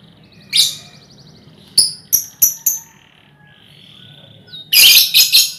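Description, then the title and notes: Lovebird song with a harsh note, then four quick high chirps, a pause, and a closing burst of rasping chatter. Lovebird ngekek song, used as a lure song (kicau pancingan). "Master Kicau Lovebird ngekek, kicau pancingan"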